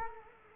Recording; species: mosquito wingbeat signal from an infrared sensor; Culex quinquefasciatus